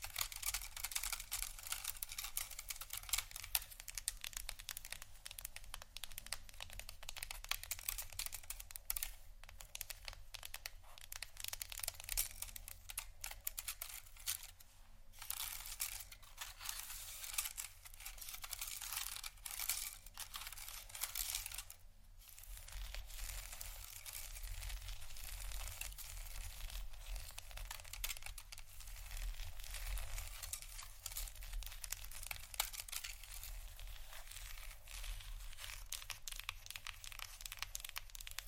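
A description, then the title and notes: ASMR wooden triggers: a dense, continuous run of quick, crisp taps and clicks, much like typing on a keyboard, with a faint crinkly texture. The tapping keeps a steady pace, with brief lulls near 15 and 22 seconds, over a soft low rumble. ASMR Wooden Triggers（No Talking）.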